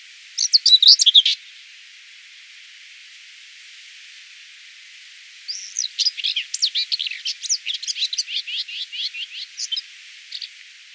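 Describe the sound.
Common whitethroat giving a short chattering burst, a long pause, then an extended scratchy warble of rapid, varied notes lasting about five seconds.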